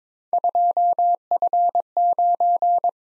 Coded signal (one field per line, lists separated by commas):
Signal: Morse code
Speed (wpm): 21 wpm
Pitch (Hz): 700 Hz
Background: none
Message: 2F9